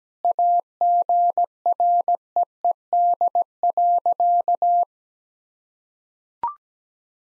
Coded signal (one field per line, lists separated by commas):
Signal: Morse code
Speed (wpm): 17 wpm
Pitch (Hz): 700 Hz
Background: none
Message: AGREED.